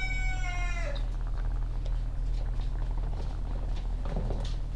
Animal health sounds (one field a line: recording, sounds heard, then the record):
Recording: poultry house recording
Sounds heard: sick chickens (respiratory disease)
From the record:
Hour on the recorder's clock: 17